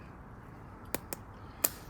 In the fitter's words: Okay, so just as simple as that, little click and it's in.